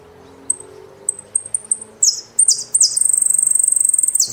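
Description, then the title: Saffron finch song: a few separate high chips, then louder buzzy phrases, ending in a fast, even, high trill held for over a second. "Jilguero Argentino"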